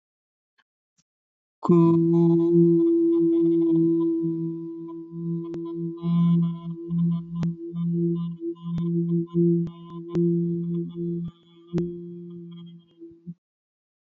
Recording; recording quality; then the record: sustained vowel as in boot; excellent, no background noise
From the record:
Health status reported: healthy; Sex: male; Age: 35 years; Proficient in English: yes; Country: India